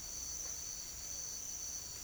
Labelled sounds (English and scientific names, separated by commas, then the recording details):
none
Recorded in secondary vegetation near Puerto Asís, Putumayo, Colombia, on 23 June 2025 at 07:30
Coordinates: 0.500, -76.326
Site GP08